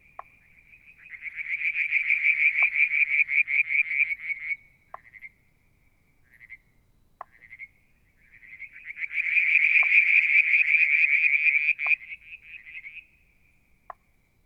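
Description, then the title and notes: Frog in two long bouts of rapid, high pulsing trills, each building then ending, with quiet gaps holding scattered short calls and knocks. Striped marsh frog, Verreaux's tree frog and an unidentified frog calling one July 2022 evening near a water tank at Mount Wilson, New South Wales, Australia. "Frog song, Mount Wilson, New South Wales, Australia in July 2022 – by Alexander Moffatt. Limnodynastes Peronii, Litoria Verreauxii and a mystery frog one evening near the water tank"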